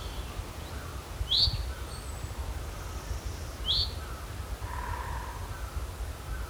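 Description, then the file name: Common chaffinch giving two separate sharp, high call notes a couple of seconds apart, with steady low background noise throughout. "Fringilla coelebs"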